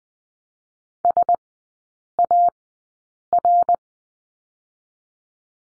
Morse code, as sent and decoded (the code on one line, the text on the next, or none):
... / .- / .-.
S A R